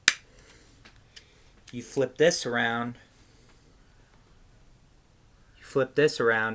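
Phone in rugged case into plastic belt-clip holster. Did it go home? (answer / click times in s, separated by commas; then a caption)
no / none. An iPhone 11 64GB in a rugged OtterBox case is flipped around and handled near a plastic belt-clip holster, with a sharp tap near 0.1 s and faint handling ticks around 0.9 to 1.2 s. Someone talks throughout. Nothing has seated or clicked into the holster yet.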